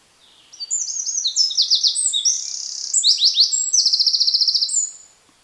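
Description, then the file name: Eurasian wren song, a long energetic outpouring of very high, piercing notes with fast rattling trills, lasting about four seconds before ending abruptly. "Troglodytes troglodytes"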